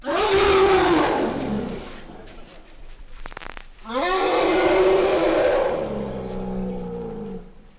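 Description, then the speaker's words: Asian elephant giving two long, loud blaring calls, the second one longer, separated by a short pause. Elephants at Zurich Zoo, closing a series of animal voices. "Den Reigen unserer Tierstimmen beschließen die Elefanten, die größten Landtiere, welche die Erde trägt."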